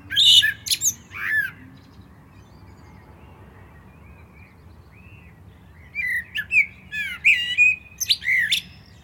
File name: Turdus merula